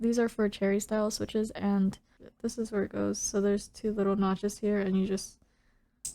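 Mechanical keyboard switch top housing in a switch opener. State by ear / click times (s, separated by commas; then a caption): released / 6.1 s. Someone talks while a cherry-style mechanical keyboard switch sits in a plastic switch opener with two little notches and is pushed down. A single sharp click sounds at 6.1 s as the top housing latches release, and the top housing comes off.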